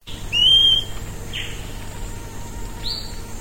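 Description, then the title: Fuscous flycatcher giving a clear, drawn-out whistled note, then a brief downslurred note and a rising whistle, over light background hiss. Subspecies bimaculatus. "LuckyPassaro Completos2Sama. Fuscous Flycatcher (Cnemotriccus fuscatus bimaculatus)"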